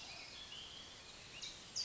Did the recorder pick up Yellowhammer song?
no